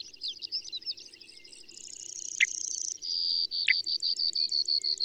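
Bird sounds: high, thin squeaks and a steady shrill buzz, then evenly repeated high pulses, with two sharp downward chips standing out.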